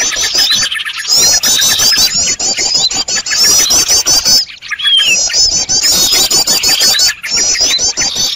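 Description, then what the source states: Birds in a busy, high-pitched chatter of fast trills and ticks, with a brief sliding whistle near the middle. Noisy bird sounds used for luring birds.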